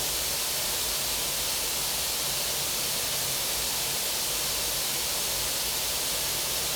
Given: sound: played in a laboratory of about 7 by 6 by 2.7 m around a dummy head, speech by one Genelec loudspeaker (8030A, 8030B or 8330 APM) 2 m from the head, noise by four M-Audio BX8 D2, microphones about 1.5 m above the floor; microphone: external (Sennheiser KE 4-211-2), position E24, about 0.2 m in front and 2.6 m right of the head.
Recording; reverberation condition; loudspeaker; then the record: white noise; medium; four, about 170 cm from the corners of the room and facing them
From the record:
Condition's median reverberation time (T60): about 510 ms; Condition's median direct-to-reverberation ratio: about -0.5 dB